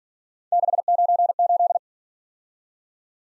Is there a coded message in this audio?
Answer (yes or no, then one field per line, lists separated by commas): yes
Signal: Morse code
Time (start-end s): 0.5-1.8 s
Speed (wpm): 48 wpm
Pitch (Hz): 700 Hz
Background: none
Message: 698